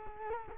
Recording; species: mosquito wingbeat signal from an infrared sensor; Culex quinquefasciatus